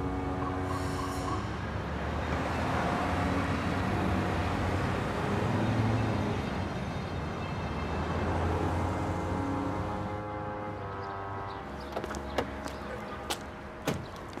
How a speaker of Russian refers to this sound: День. На улице ездит транспорт.